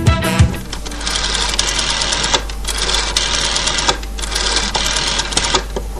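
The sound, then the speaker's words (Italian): An old Italian SIP telephone rings: a loud, harsh metallic bell rattling rapidly and continuously for several seconds, with only brief dips, and no one talking. “sì, magari per i giovanissimi sarà stata una gradita sorpresa, quantomeno riascoltare il suono del glorioso telefono SIP.”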